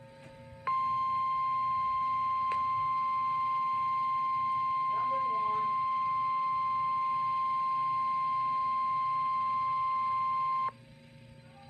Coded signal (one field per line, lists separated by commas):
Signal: Emergency Alert System (SAME) tones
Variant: 1050 Hz attention tone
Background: speech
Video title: Severe Thunderstorm Warning (EAS #31) 4/25/16 [LATE UPLOAD]